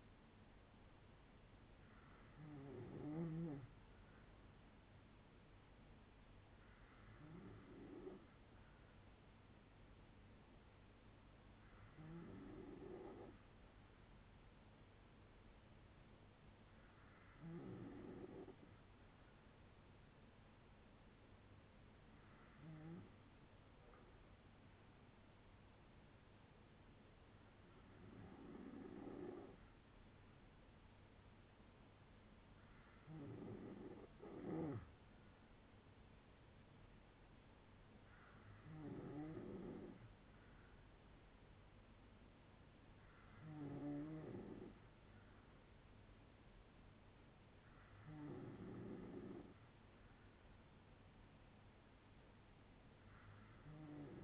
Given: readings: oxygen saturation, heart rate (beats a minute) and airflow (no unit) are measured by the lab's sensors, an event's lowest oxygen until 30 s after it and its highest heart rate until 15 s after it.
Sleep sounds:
breathing in sleep by a voice recorder at the bedside; none
32.00-54.24 s: new sleep stage, N2 (light sleep)
From the record:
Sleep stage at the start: N3 (deep sleep); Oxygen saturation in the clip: 94 to 96%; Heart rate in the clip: 57 to 69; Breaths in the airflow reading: 10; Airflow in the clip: -6.2 to 3.8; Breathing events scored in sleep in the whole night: 182 in 7.4 hours asleep

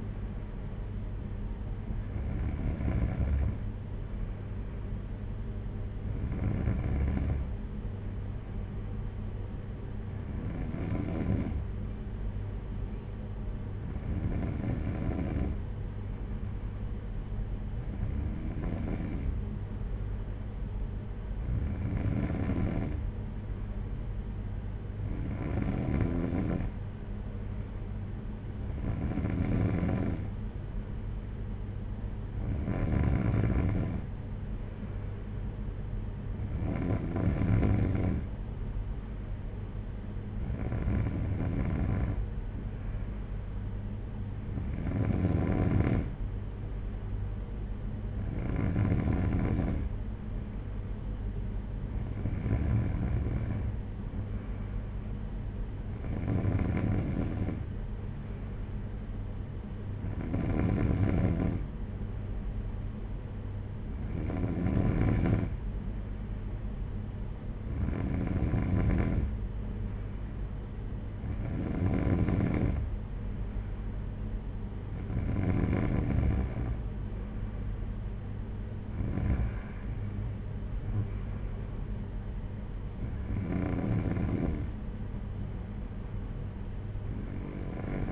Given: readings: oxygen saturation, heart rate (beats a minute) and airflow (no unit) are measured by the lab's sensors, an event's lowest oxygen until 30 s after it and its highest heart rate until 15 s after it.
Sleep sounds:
breathing in sleep by a smartphone at the bedside; none
none scored
From the record:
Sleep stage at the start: N3 (deep sleep); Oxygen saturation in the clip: 93 to 94%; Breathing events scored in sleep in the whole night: 226 in 8.8 hours asleep

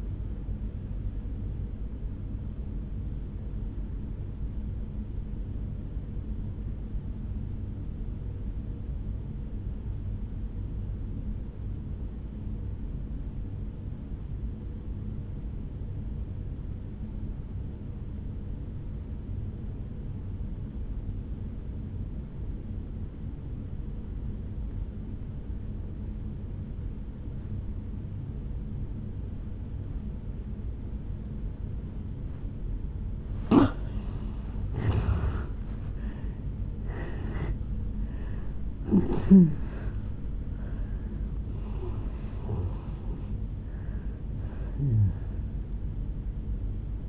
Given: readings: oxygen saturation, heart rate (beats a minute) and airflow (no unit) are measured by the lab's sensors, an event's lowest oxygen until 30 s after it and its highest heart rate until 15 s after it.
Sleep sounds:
breathing in sleep by a smartphone at the bedside; 1
4.00-33.50 s: obstructive apnea (N1, oxygen 97% highest, then 82% lowest, heart rate 58 at the start, 77 highest)
20.00-47.09 s: new sleep stage, N2 (light sleep)
From the record:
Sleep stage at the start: N1 (lightest sleep); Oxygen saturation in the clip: 83 to 97%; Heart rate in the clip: 56 to 77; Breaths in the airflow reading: 5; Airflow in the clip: -9.7 to 12.0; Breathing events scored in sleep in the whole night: 449 in 7.0 hours asleep

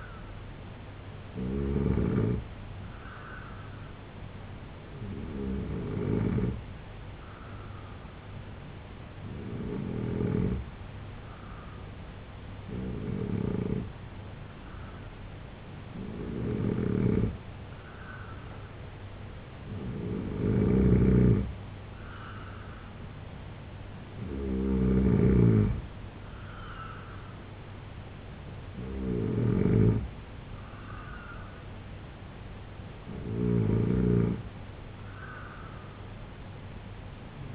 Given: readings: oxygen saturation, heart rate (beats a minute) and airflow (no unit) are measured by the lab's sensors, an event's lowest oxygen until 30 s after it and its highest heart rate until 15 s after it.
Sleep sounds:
breathing in sleep by a voice recorder at the bedside; 1
7.00-27.70 s: hypopnea (N2, oxygen 91% highest, then 88% lowest, heart rate 75 at the start, 80 highest)
From the record:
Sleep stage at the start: N2 (light sleep); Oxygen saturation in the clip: 87 to 91%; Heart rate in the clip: 72 to 80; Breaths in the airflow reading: 9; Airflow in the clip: -3.4 to 5.9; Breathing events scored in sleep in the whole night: 258 in 7.4 hours asleep

